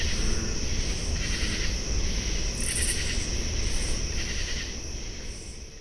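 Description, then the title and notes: Oblong-winged katydid song: brief high scratchy phrases repeated against a continuous shrill insect chorus and a low background drone. At least two calling; Common True Katydid chorus; canal edge at marsh mouth, Alexandria, Virginia; July 23 2015, 10:12 PM, 75°F; recorded with parabolic microphone. "Oblong-winged Katydid pm. the song of the Oblong-winged Katydid. the edge of the canal at the mouth of the west Dyke Marsh in Alexandria, VA on July 23rd, 2015 at 10:12PM"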